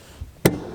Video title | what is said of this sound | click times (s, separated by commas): 2021 F150 Rear Seat Cover Install | so you heard that click where it released then once that happens there's a little Loop | 0.5 s